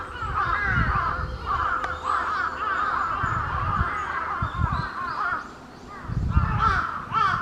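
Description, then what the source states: Large-billed crow calling in dense runs of hoarse caws, with a pause before a final burst, over low rumbling background noise. Recorded on 22 July 2021.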